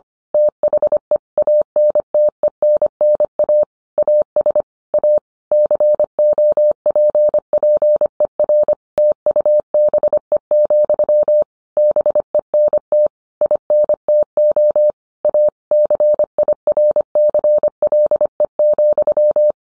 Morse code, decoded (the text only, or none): THE ANTENNA AS A COPPER TUBE, BENT INTO A CIRCLE,